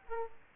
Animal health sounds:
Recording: mosquito wingbeat signal from an infrared sensor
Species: Aedes aegypti

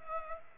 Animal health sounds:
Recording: mosquito wingbeat signal from an infrared sensor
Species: Culex pipiens

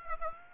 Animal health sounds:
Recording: mosquito wingbeat signal from an infrared sensor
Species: Aedes aegypti

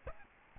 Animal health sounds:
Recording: mosquito wingbeat signal from an infrared sensor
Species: Aedes albopictus

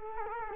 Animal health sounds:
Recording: mosquito wingbeat signal from an infrared sensor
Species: Culex quinquefasciatus

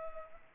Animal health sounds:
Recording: mosquito wingbeat signal from an infrared sensor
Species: Culex pipiens

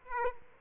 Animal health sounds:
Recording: mosquito wingbeat signal from an infrared sensor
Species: Aedes aegypti

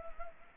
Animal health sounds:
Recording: mosquito wingbeat signal from an infrared sensor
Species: Anopheles gambiae

